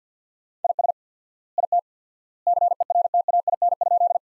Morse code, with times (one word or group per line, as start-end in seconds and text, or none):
0.6-0.9 IS
1.6-1.8 IT
2.5-4.2 CERTAIN?